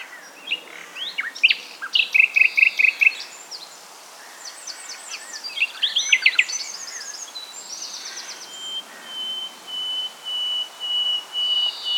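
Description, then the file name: Common nightingale song: short varied phrases, a run of evenly repeated loud notes, more varied phrases, then a long sustained pure whistle held for several seconds with pulsing volume. "Luscinia megarhynchos"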